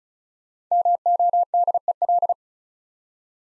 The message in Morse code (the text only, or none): MODEL